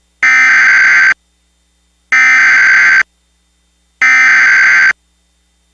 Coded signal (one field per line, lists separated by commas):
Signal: Emergency Alert System (SAME) tones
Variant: header bursts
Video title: (VALID TONES) EAS Recreation Mock - "The River Is Rising Quickly on a Gravel Road" (02/21/2011)